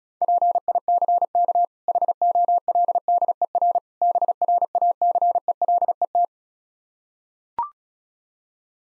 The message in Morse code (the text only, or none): PICK HOLDER BRACELET